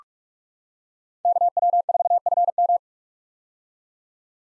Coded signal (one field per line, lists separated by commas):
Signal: Morse code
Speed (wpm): 46 wpm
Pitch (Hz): 700 Hz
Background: none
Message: KW4FM